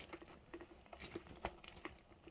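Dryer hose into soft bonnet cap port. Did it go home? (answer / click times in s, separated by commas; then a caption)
no / none. The hose of a Conair soft bonnet dryer is pushed and turned into the port of the soft fabric bonnet cap, a fiddly, challenging fit, producing crinkling, rustling fabric and small scattered taps, the sharpest near 1.5 s and 1.9 s. The hose has not clicked into place yet.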